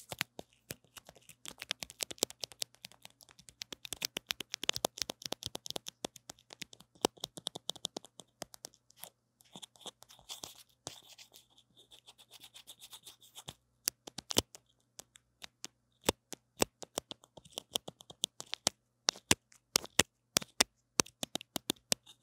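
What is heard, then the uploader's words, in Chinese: Brushing and tapping on a wired microphone, crisp. For the first fourteen seconds, dense, rapid scratchy strokes mix with quick taps; after that, sparser sharp taps land in irregular clusters. A faint, steady low hum runs underneath throughout. 刷刷&敲敲線麥。Brain Tingling Brushing & Tapping。No Talking。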